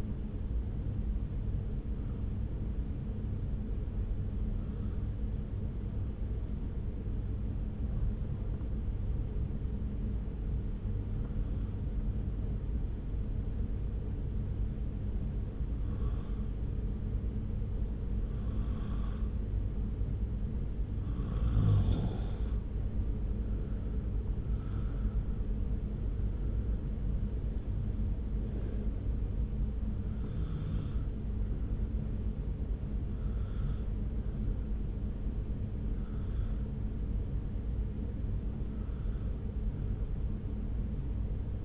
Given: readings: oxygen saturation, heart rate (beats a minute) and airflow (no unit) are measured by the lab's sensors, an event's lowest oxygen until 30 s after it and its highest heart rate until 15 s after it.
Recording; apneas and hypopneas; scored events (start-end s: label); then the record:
breathing in sleep by a smartphone at the bedside; 1
3.00-23.50 s: hypopnea (N2, oxygen 96% highest, then 88% lowest)
27.00-41.65 s: new sleep stage, N1 (lightest sleep)
From the record:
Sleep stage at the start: N2 (light sleep); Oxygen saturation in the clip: 88 to 96%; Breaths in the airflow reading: 14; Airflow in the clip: -1.2 to 2.2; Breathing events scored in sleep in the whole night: 335 in 6.7 hours asleep